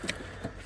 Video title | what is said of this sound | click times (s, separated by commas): Renault Captur 0.9TCe Service DIY / Renault Clio 0.9TCe Full Service | there, and then we just push the clip back in, and then it should lock into place. | 0.1 s